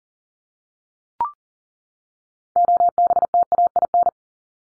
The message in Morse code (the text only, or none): OBTAIN